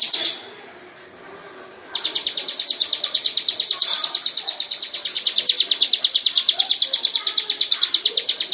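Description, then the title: Lovebird giving a brief shrill burst, then a pause, then a long, rapid pulsing chatter of high notes. Long "ngekek" chattering song. "Audio Lovebird Ngekek Panjang Ciblek"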